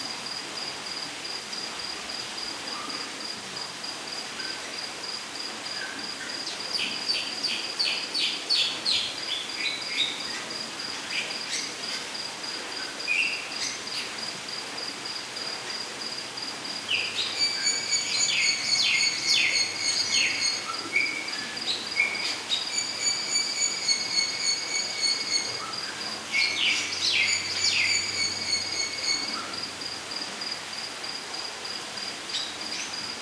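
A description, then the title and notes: A rainforest with a steady background hiss of falling water and a constant high insect whine. Bursts of fast, repeated bird chirps come in around six seconds, then grow busier and louder from about seventeen seconds to nearly the end. Nap in the rainforest with the gentle birds, soothing waterfalls and mother nature surrounding you.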